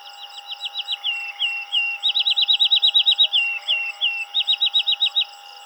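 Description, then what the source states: Field sparrow singing: runs of quick, clear down-slurred whistled notes broken by a few slower slurs, with steady humming tones in the background. Recorded 7 July 2007.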